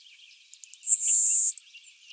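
Le Conte's sparrow song: three quick soft ticks, then a thin, very high insect-like hissing buzz lasting under a second, ending with one more tick.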